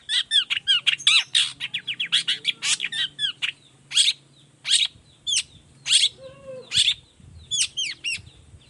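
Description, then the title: Long-tailed shrike song: a rapid burst of harsh, sweeping notes, then spaced scratchy slurs and squeaks, over a faint low hum. Singing in the morning with varied toet toet notes; used as a lure to make other shrikes of any kind reply quickly. "Cendet Gacor Dor Di Kala Pagi Toet Toet Variasi Suara. Cendet Gacor Efektif Pancingan Buat Cendet Jenis Apapun Agar Cepat Nyaut Buka Paruh"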